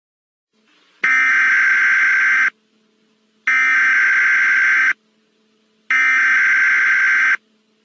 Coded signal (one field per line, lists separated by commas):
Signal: Emergency Alert System (SAME) tones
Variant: header bursts